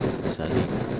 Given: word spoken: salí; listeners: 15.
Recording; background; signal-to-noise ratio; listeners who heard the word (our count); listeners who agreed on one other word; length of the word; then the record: one Spanish word in noise, from a listening test; noise modulated by three-talker babble; -4.2 dB; 1 of 15; 13 of 15; 0.60 s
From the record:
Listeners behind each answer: 13, 1, 1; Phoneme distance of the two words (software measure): 7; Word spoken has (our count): 2 syllables, 4 phonemes, stress on syllable 2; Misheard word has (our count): 2 syllables, 5 phonemes, stress on syllable 2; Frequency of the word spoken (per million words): 13.03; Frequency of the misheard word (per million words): 147.13